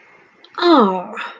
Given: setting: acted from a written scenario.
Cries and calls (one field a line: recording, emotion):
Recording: vocal sound without words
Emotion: realization